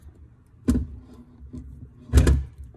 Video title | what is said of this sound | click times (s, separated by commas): How to Change Your Body Glove Water Filter Cartridge | here we go here it goes it's going to engage like that you can hear it | 2.2 s, 2.3 s